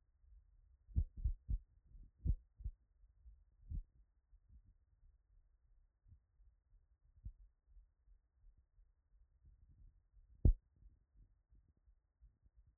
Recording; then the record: heart sounds by stethoscope after running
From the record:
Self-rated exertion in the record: moderate exertion (3 of 6); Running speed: 5 mph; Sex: female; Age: 18 years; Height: 171 cm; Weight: 75 kg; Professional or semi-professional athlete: no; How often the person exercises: 1 to 2 times a week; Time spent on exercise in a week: under 1 hour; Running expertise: no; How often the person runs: 1 to 2 times a week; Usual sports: running, fencing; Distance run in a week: 3 km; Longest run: 21.3 km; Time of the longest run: 190 minutes